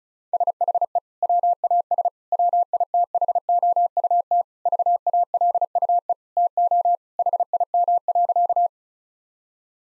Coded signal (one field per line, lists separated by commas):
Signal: Morse code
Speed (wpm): 34 wpm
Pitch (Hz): 700 Hz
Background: none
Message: SHE WAS WITHOUT VALUE TO HIM.